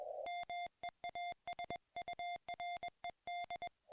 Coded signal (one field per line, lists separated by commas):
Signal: Morse code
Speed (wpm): 21 wpm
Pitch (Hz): 690 Hz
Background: music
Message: MEASURED